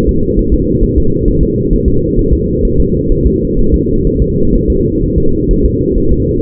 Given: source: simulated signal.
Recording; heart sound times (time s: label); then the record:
fetal heart sounds
0.09 s: S2
0.39 s: S1
0.54 s: S2
0.84 s: S1
0.98 s: S2
1.28 s: S1
1.43 s: S2
1.73 s: S1
1.88 s: S2
2.19 s: S1
2.33 s: S2
2.65 s: S1
2.80 s: S2
3.12 s: S1
3.27 s: S2
3.59 s: S1
3.74 s: S2
4.07 s: S1
4.22 s: S2
4.55 s: S1
4.70 s: S2
5.03 s: S1
5.18 s: S2
5.51 s: S1
5.66 s: S2
5.98 s: S1
6.12 s: S2
From the record:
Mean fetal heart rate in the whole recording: 130 bpm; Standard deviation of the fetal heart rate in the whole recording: 4 bpm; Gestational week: 38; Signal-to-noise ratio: -16.4 dB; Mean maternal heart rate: 72 bpm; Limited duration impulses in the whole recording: present